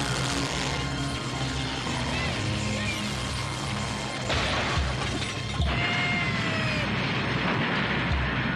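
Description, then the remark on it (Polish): A washing machine bursts apart amid dense, loud mechanical clatter and grinding, with sharp crashing surges around the middle and a second jolt shortly after, the racket continuing steadily to the end. “Wybuchła pralka wydobywająca zło z dusz.”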